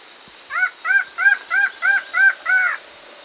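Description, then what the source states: Upland antshrike calling a series of seven nasal, arched notes, evenly spaced about three per second, steady in pitch, with faint background hiss. Recorded in South America.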